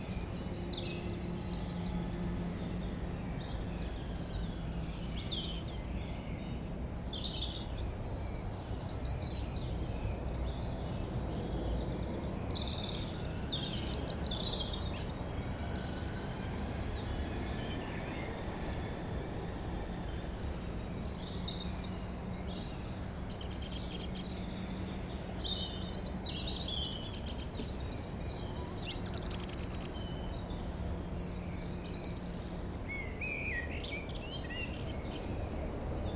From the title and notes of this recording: Igrexa De San Tirso, Palas De Rei, Galicia, Spain. Unfortunately, although I could see the bells, they didn't ring. You can enjoy the songs and calls of a Wren, Robin, Blackbird, Long Tailed Tit, Song Thrush, Carrion Crow and Great Tit.